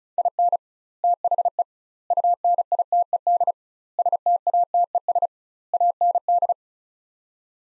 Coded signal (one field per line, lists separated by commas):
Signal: Morse code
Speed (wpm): 36 wpm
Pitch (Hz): 700 Hz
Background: none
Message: IN THE UNITED STATES AND